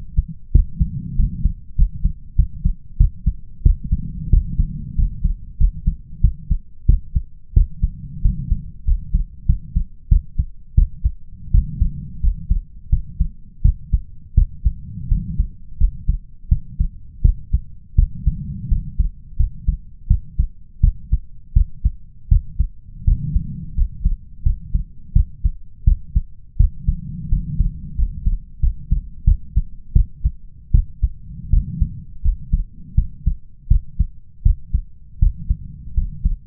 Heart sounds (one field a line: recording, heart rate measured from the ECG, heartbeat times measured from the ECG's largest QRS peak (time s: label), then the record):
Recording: heart sounds by stethoscope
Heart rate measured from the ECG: 86 bpm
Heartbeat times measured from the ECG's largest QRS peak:
0.52 s: heartbeat
1.16 s: heartbeat
1.76 s: heartbeat
2.36 s: heartbeat
2.97 s: heartbeat
3.63 s: heartbeat
4.30 s: heartbeat
4.95 s: heartbeat
5.57 s: heartbeat
6.21 s: heartbeat
6.86 s: heartbeat
7.53 s: heartbeat
8.22 s: heartbeat
8.84 s: heartbeat
9.46 s: heartbeat
10.08 s: heartbeat
10.75 s: heartbeat
11.51 s: heartbeat
12.20 s: heartbeat
12.89 s: heartbeat
13.62 s: heartbeat
14.34 s: heartbeat
15.08 s: heartbeat
15.78 s: heartbeat
16.48 s: heartbeat
17.22 s: heartbeat
17.95 s: heartbeat
18.68 s: heartbeat
19.37 s: heartbeat
20.07 s: heartbeat
20.80 s: heartbeat
21.53 s: heartbeat
22.28 s: heartbeat
23.04 s: heartbeat
23.74 s: heartbeat
24.43 s: heartbeat
25.13 s: heartbeat
25.84 s: heartbeat
26.57 s: heartbeat
27.29 s: heartbeat
27.95 s: heartbeat
28.60 s: heartbeat
29.24 s: heartbeat
29.93 s: heartbeat
30.71 s: heartbeat
31.50 s: heartbeat
32.22 s: heartbeat
32.95 s: heartbeat
33.68 s: heartbeat
34.42 s: heartbeat
35.19 s: heartbeat
35.94 s: heartbeat
From the record:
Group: healthy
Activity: rest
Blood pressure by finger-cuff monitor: 121/83 mmHg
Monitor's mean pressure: 94 mmHg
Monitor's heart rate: 85 bpm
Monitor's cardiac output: 6.5 L/min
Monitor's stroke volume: 75 mL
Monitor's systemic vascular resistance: 1070 dyn s/cm5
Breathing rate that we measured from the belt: 16 breaths a minute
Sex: male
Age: 21 years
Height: 180 cm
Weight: 67.5 kg